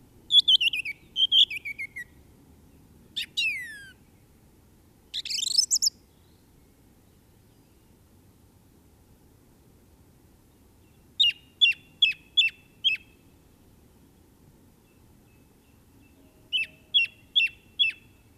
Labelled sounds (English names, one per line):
Song Thrush song